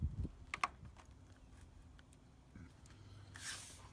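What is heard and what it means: Plastic push-pin retainers are pressed back into the grille mounting holes to secure the grille. Two sharp clicks at 0.5 s and 0.6 s mark the pins seating, followed by faint handling noise and a soft rustling burst near 3.4 s.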